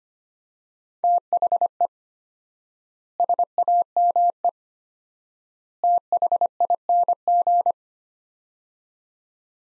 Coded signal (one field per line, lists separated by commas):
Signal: Morse code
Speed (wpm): 25 wpm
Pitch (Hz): 700 Hz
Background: none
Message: THE SAME THING